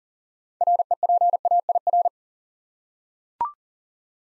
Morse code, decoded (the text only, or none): REPAIR